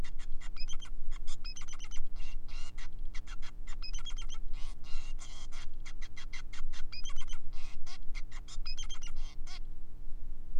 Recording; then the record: song of a male Bengalese finch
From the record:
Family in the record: son of father 5